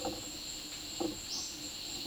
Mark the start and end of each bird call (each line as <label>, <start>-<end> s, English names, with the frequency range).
Olive-faced Flatbill (4.7-6.8 kHz), 1.28-1.54 s